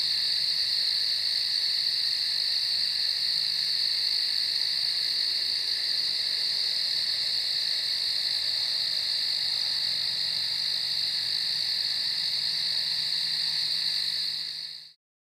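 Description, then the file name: Crickets keep up a continuous high trilling chorus, steady for about fourteen seconds before the sound fades out quickly at the end. Recorded in a field at night. "Field at night with Crickets"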